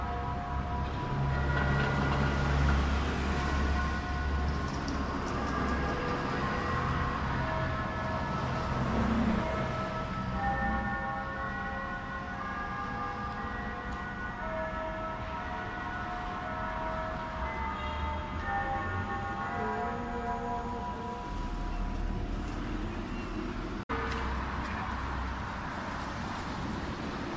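The Bund's bell rings to mark the evening, its tones hanging in the air as overlapping sustained pitches that slowly fade through most of the clip. A steady low rumble of traffic runs underneath throughout, broken by a brief sharp cut near 24 seconds.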